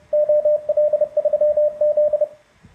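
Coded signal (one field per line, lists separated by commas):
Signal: Morse code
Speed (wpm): 30 wpm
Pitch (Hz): 600 Hz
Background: radio noise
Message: OL3Z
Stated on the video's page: Sent from a Ten Tec Omni 7 during a CW contest.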